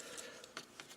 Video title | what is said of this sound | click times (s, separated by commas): NBK Bonecrusher review | and they'll just lock into place. | 0.6 s